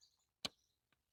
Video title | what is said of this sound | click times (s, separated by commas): Ram 3500 Routine Maintenance, Rv Transport | you'll hear it click when it's in, | 0.4 s